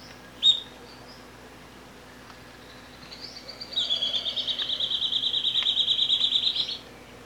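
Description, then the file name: Rufous gnateater song: after a single sharp note, a long rapid trill of high notes builds slightly in loudness and runs for nearly four seconds before stopping. "canto do chupa dente"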